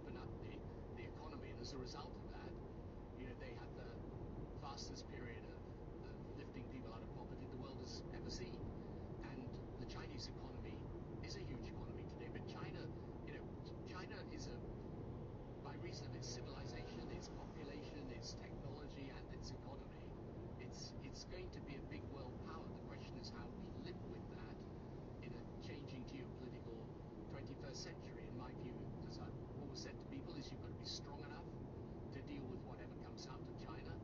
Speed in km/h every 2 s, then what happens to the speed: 54, 55, 55, 55, 56, 56, 57, 56, 56, 55, 53, 53, 51, 51, 50, 50, 50.
0-34 steady at about 55.